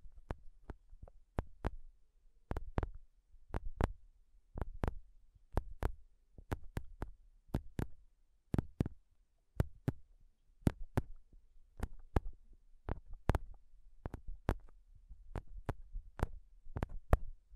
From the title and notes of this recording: ASMR INTENSE MIC TAPPING Sounds Using Nails (no talking).